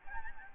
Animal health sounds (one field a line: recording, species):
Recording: mosquito wingbeat signal from an infrared sensor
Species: Aedes albopictus